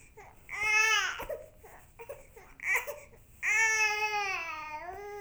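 An infant gives two high-pitched, tonal wails, one near the start and a longer one at the end, with short fussy whimpers between them. The last wail drops in pitch as it trails off. A plain baby cry in a small, quiet room.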